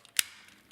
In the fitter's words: and it'll lock into place on both sides, locking them to the sides nice and securely.